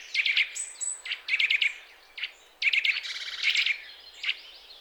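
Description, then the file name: Eurasian nuthatch giving quick runs of three or four sharp notes, pausing briefly between bursts, over a faint hiss. "Sitta europaea"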